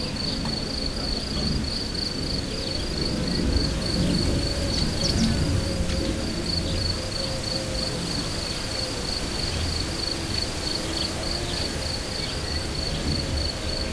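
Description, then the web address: Cricket chirping in quick, even high pulses that run without pause, over a steady low rumble with faint scattered ticks. Professional nature recording at Hortobágy, Hungary, 2014. "allathangok termeszetben tucsok professzionalis 2014 elhaladorepulo fecskek hortobagy"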